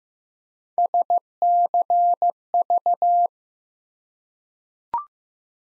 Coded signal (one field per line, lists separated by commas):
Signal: Morse code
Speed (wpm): 15 wpm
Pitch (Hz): 700 Hz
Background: none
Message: SCV